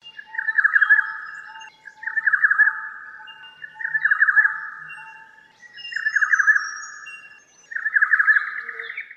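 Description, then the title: Black-naped oriole song: fluty, slightly rough phrases repeated roughly every two seconds, five phrases in all. "kepodang"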